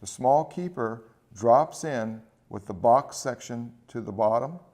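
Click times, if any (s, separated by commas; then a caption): none. A small plastic keeper is being dropped into the side of a Paulson Manufacturing A-TAC tactical goggle frame, box section to the bottom, to lock the lens bezel frame together. Only someone talking is heard over a quiet background. Nothing has seated or clicked yet.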